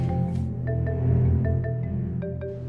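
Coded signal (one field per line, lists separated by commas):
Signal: none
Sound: music mallet notes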